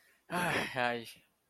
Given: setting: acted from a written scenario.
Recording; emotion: vocal sound without words; pride